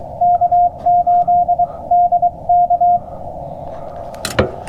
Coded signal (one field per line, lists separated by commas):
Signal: Morse code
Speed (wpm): 20 wpm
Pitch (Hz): 700 Hz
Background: none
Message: K8DK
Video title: CW POTA Activation w FT-891